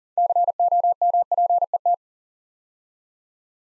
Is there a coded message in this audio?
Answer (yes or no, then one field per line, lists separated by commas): yes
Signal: Morse code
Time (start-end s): 0.2-1.9 s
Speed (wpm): 43 wpm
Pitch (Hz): 700 Hz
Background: none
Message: COMPET